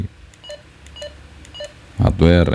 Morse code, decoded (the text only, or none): none